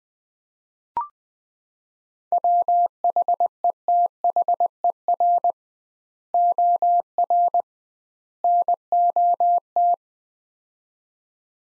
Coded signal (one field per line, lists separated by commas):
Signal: Morse code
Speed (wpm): 20 wpm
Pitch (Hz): 700 Hz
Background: none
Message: WHETHER OR NOT